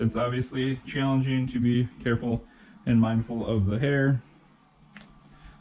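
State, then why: Seated. Someone talks while a headgear strap clip is attached to the plastic frame of a CPAP/BiPAP mask being fitted on a patient. After the talking stops, one sharp, short click is heard at 5.0 seconds as the clip snaps into the mask frame and seats.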